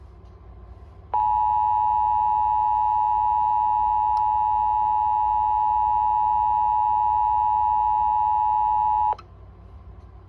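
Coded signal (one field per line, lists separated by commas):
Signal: Emergency Alert System (SAME) tones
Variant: 853 and 960 Hz attention tone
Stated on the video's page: Real fire warning relayed from an IPAWS CAP message, not the original relay.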